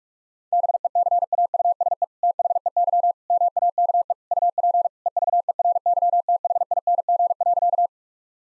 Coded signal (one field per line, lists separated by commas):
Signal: Morse code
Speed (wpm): 41 wpm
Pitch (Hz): 700 Hz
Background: none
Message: BECAUSE THEY MAKE UP EVERYTHING.